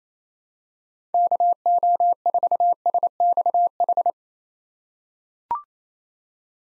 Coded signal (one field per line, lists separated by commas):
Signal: Morse code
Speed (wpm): 27 wpm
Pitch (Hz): 700 Hz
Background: none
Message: KO4SXH